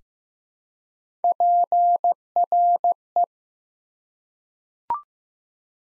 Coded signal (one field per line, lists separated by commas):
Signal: Morse code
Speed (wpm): 15 wpm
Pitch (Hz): 700 Hz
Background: none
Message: PRE